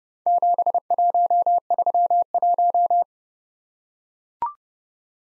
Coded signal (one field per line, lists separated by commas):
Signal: Morse code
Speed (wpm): 30 wpm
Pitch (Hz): 700 Hz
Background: none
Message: 7131